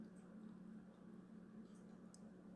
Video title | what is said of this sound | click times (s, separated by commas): Replace 4X4 Selector Switch - 2013 Chevy SIlverado 2500 | replacement switch will just snap in place | 2.1 s